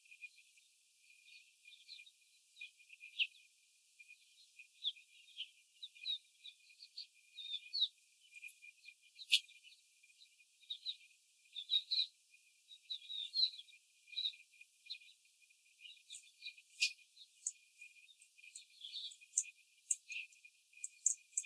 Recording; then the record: young laying hens in a cage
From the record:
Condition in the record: before the stressor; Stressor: simulated dog barking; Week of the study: 4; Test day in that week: 3